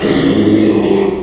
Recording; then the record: squeal of a Yucatan mini pig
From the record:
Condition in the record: after surgery on the right vocal fold (resection and tissue-engineered implant); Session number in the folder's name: 2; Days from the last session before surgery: 13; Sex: male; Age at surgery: 12 weeks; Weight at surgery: 13 kg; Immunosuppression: cyclosporine, prednisolone